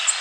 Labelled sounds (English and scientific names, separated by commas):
Golden-cheeked Warbler (Setophaga chrysoparia) flight call